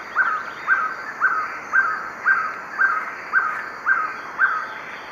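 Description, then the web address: Violaceous trogon song, nine short hollow notes repeated evenly at about two per second, over a steady high-pitched background hum. Song; eastern lowlands of South America. "Natures Songs S America Eastern Lowlands Trogon violaceus, song"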